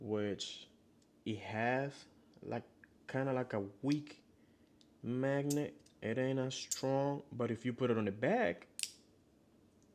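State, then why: Seated. An ND filter is fitted onto the back of a small clip-on camera add-on lens, which is held by a weak magnet, while someone talks. A sharp click is heard at 8.8 seconds as the filter seats perfectly into place.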